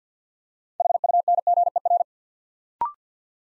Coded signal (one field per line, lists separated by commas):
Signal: Morse code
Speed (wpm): 50 wpm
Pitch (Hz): 700 Hz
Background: none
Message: HUNGER